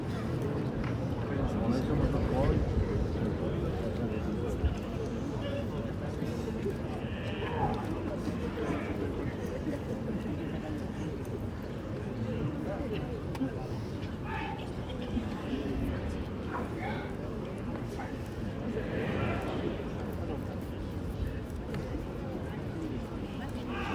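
A bullfight crowd fills the arena with a steady, dense murmur of many voices, heavy in the low range and never dropping away. Brief brighter calls and shouts rise out of the mass now and then, near 7, 17 and 20 seconds.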